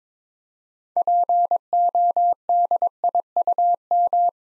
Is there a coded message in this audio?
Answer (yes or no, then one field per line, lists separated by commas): yes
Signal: Morse code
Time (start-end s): 1.0-4.3 s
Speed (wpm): 22 wpm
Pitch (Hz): 700 Hz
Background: none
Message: PODIUM